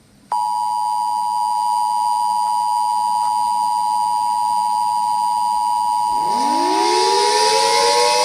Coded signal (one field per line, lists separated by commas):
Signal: Emergency Alert System (SAME) tones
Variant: 853 and 960 Hz attention tone